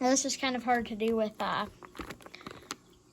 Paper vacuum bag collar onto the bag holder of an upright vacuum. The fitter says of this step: one hand but you should hear snap just like that